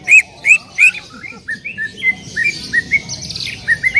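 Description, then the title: Bird calls: a run of short chirps repeated rapidly, the first few loudest, over faint background noise. "Kicau Burung"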